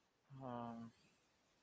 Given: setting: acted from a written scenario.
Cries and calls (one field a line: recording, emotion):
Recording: vocal sound without words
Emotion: contempt